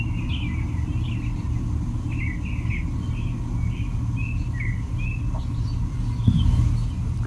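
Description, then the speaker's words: Several American robins singing short, caroled, whistled phrases one after another over a steady low rumble. Several American robins in a recording shared on Instagram; described as dominant in many urban soundscapes. "Do we have something else in the background, Rob? I only catch the American Robins. Yeah, I got several American Robins."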